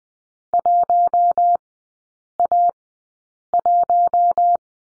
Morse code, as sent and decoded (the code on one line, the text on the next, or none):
.---- .- .----
1A1